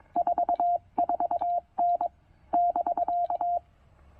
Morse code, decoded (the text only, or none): 44N <BK>